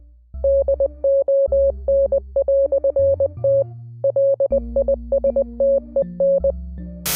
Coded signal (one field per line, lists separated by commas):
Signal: Morse code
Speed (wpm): 20 wpm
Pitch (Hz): 550 Hz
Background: music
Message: DON"T LISTEN